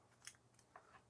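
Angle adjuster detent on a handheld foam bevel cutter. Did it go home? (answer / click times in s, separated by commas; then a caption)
yes / 0.3 s, 0.8 s. The blade angle adjuster on the back of a handheld foam bevel cutter is turned through its ratchet detents, giving two sharp clicks at 0.3 s and 0.8 s. Two clicks set it to 60 degrees, and the angle detent ratchets into position.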